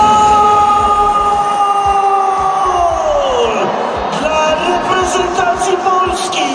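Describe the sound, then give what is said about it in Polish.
A huge stadium crowd at PGE Narodowy roars and cheers after a Polish goal against Estonia, a loud sustained wall of noise, with blaring horn tones that slide downward in pitch partway through. “Estonia nie sprawiła większych problemów biało-czerwonym, a takich wybuchów radości jak ten kibice na PGE Narodowym doświadczali pięciokrotnie.”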